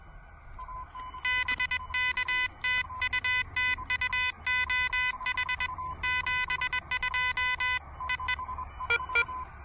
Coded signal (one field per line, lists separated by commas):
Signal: Morse code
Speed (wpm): 21 wpm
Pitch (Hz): 2000 Hz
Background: none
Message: BK TU TU OH 72 EE